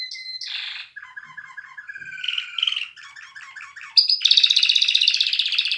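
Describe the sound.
Canary song varying through whistled notes, a slow repeated warble and gurgling phrases, then a loud fast buzzy trill to the end.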